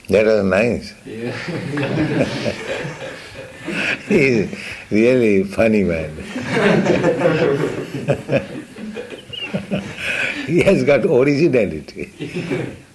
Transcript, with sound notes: That was nice. [laughter] He is really funny man. [laughs] He has got originality.